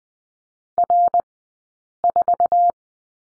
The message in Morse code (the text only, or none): R4